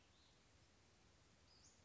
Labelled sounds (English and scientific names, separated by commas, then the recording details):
Western Flycatcher (Empidonax difficilis)
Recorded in Sonoma County, California